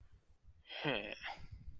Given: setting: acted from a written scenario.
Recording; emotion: vocal sound without words; contempt